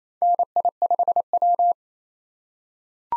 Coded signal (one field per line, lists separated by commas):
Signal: Morse code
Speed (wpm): 28 wpm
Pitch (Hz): 700 Hz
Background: none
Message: NI5W